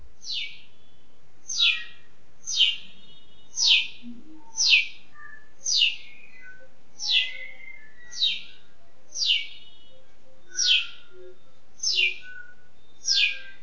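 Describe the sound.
Bulbul song: a steady series of twelve brief descending notes, about one per second, with soft low chirps in the gaps.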